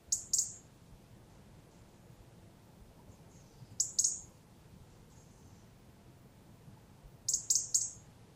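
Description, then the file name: European robin uttering piercing high-pitched thin notes, short clusters of two or three repeated roughly every three to four seconds, soft background hiss. "Erithacus rubecula"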